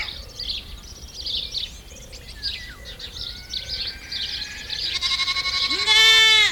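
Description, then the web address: Goat giving one loud bleat at the end, after several seconds of busy bird chirps and twitters. Countryside ambience recorded at a goat camp in France. "Countryside Amb Camp Chevres"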